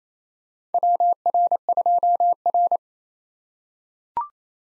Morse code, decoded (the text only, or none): WR2R